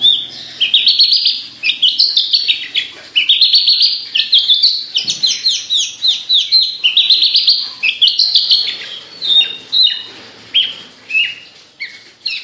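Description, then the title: Javan bush lark pouring out a long, lively sequence of rapid twittering chirps and whistles that rise and fall, barely pausing throughout. Described as singing 'gacor', meaning constant lively singing. "Branjangan Gacor Petir 1"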